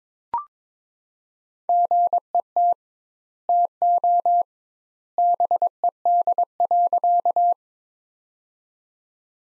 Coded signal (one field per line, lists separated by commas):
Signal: Morse code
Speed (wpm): 22 wpm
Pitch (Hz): 700 Hz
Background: none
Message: GET TO BED.